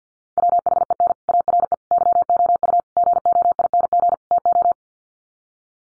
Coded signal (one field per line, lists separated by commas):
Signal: Morse code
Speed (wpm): 49 wpm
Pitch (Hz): 700 Hz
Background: none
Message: WHEN ARE YOU GOING TO